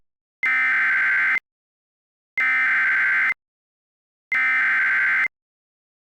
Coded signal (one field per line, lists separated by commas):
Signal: Emergency Alert System (SAME) tones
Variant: header bursts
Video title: EAS Recreation: Severe Thunderstorm Warning issued for Tooele County